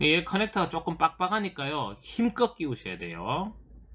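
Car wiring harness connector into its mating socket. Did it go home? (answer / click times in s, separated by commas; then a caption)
no / none. Someone talks while handling a plastic wiring connector for a lock-folding relay harness on a 2017 Kia All New Morning, about to push it into its mating socket behind the car trim; the connector is a bit tight and needs force. Nothing has seated or clicked yet by the end of the clip.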